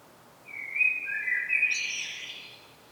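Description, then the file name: Common blackbird song: a single flute-like warble sliding into a squeaky, high-pitched twittering finish. "Turdus merula"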